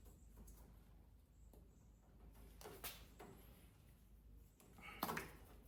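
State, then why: Not seated. A plastic wiring connector for a Ford F150 taillight swap from halogen to Hawkglow LED is pressed hard into its mating plug. Only a low hum, faint rustling, and brief handling taps near 2.6 s and 5.0 s are heard. The connector has not latched, and nothing has clicked yet.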